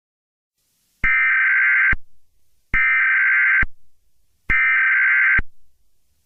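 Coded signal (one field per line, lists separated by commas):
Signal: Emergency Alert System (SAME) tones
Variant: header bursts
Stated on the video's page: Fictional EAS scenario.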